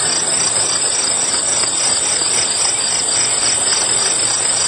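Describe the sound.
Grasshoppers: rapid, repeated high rasping pulses, unbroken for the whole stretch.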